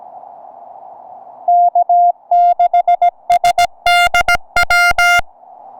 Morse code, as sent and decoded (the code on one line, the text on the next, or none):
-.- -.... ... -.. .--
K6SDW